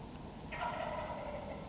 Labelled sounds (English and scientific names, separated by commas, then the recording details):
Wild Turkey (Meleagris gallopavo)
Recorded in Sonoma County, California